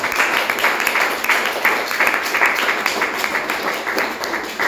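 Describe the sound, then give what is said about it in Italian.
Steady audience applause at a literary reading, many hands clapping at once in a dense, continuous crackle that stays loud and even throughout, with no voices standing out above it. “un applauso ce lo facciamo meglio dall'editore.”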